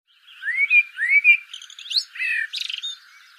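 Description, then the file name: Common blackbird phrase: two clear rising whistles, then a brief squeaky twitter and a buzzy ending. "Turdus merula"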